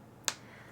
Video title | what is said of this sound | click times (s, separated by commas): Free Santa Claus Crochet Pattern - Crochet Christmas Ornament | and snap in place. | 0.3 s